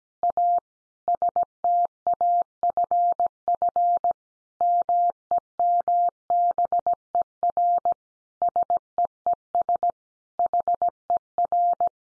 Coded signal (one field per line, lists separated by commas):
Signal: Morse code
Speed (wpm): 17 wpm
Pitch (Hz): 700 Hz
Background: none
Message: A STAFF MEMBER SEES HER